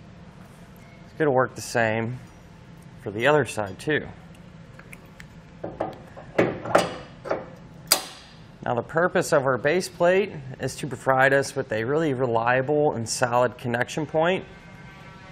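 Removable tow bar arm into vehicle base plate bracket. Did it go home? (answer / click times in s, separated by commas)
yes / 7.9 s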